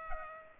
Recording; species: mosquito wingbeat signal from an infrared sensor; Culex pipiens